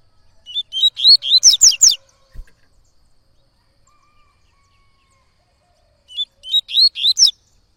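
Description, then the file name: Yellow-bellied Seedeater song: a burst of high, slurred chirps, then a quiet gap and a second phrase near the end. Bird singing a lot, tui-tui song style. "Coleiro Baiano Cantando Muito Canto Tui Tui"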